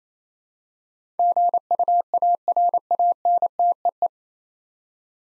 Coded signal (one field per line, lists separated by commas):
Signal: Morse code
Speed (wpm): 28 wpm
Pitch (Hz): 700 Hz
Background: none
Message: GUARANTEE